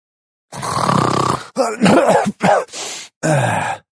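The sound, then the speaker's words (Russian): A voice imitates loud snoring in four rough, rasping bursts with short gaps between them, growling and throaty, the first a long drawn-out snort followed by choppier ones. “Внезапно проснулся, разбуженный собственным храпом.”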